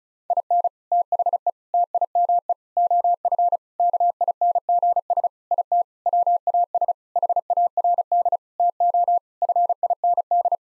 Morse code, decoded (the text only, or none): IN THE TIME OF KINGS IT WAS HARD TO FIND